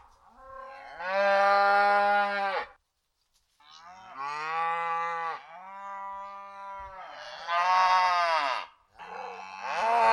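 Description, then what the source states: Cows lowing, a long loud moo, a pause, then a run of shorter moos and two more strong calls close together. Family of brown Sussex cows calling to another family of cows in the next field; recorded by Roger Stamp, broadcast 6 June 2020.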